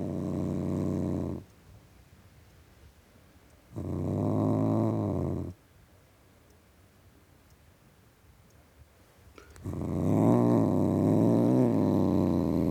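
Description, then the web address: Cat giving deep rumbling growls in three bouts with quiet gaps between them; the last bout is loudest, with wavering pitch. Tom cat (male) growling. "The BBC Sound Effects Library - Complete 60 CDs Collection (Cats) Tom Cat Growling"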